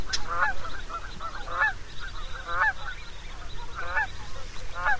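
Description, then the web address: Canada goose honking, many harsh honks in quick succession over steady low background noise. Canada goose in western North America. "Songs of Birds of North America Know Your Bird Sounds. Canada Goose"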